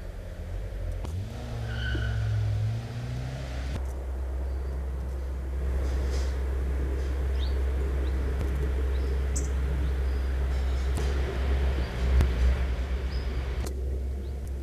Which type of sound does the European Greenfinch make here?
call